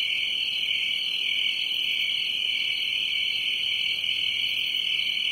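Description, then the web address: Crickets chirping in a dense chorus, one steady high trill with a faint pulsing rhythm that never stops, with no other sounds. "Production Music SOUND EFFECTS 1 Crickets"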